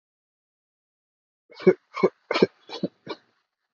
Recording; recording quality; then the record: heavy voluntary cough; poor, much background noise or distortion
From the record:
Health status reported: exposed to COVID-19, no respiratory illness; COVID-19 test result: negative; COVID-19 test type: RT-PCR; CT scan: not taken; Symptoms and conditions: cough, fever, loss of smell and taste, another respiratory illness, another condition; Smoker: yes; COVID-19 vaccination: both doses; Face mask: worn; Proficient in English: yes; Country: India